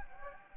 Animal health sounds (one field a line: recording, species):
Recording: mosquito wingbeat signal from an infrared sensor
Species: Anopheles gambiae